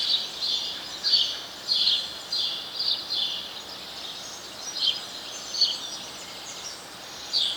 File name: Passer domesticus